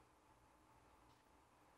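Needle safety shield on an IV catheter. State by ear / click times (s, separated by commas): not seated / none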